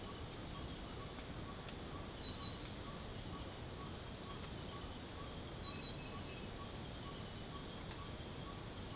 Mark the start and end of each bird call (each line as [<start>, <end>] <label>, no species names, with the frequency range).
[0.06, 8.95] bird call (0.7-1.6 kHz)